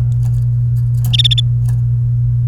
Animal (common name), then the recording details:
Domestic Canary. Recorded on 29 April 2018 at 09:34. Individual llb3